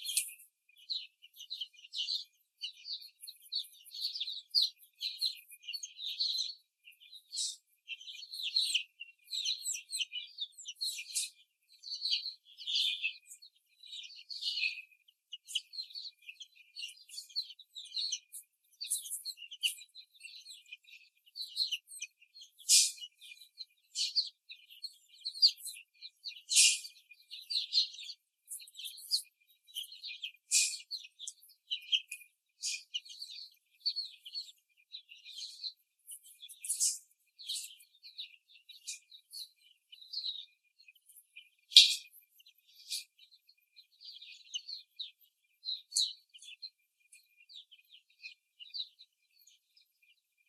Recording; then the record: young laying hens in a cage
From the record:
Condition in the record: after the stressor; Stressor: simulated dog barking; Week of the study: 3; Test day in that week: 1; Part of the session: 1